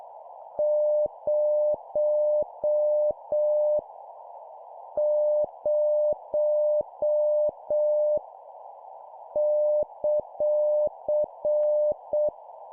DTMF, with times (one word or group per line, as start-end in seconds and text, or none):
none